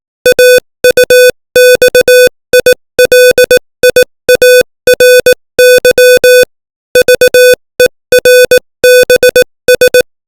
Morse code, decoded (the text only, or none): AUXILIARY VERBS